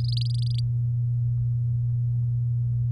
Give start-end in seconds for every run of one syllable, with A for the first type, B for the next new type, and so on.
0.04-0.60 A